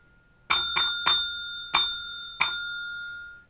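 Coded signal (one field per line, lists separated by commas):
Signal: bell signal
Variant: railway absolute block bell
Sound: a bell struck three times quickly, then once, then once again, ringing on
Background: quiet room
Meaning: Is line clear for a class four train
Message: 3-1-1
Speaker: then we have three pause one pause one which is a class four train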